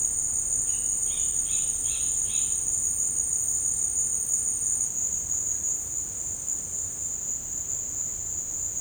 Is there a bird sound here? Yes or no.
yes